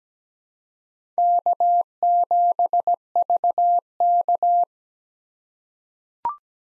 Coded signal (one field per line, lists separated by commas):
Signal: Morse code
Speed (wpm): 17 wpm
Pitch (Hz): 700 Hz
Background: none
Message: K7VK